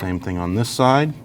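A second fuel line quick-connect is handled at the other side of a 2014-2023 Jeep Cherokee during intake manifold replacement, ready to be pushed onto its fitting. Only someone talking briefly is heard. Nothing has seated or clicked yet.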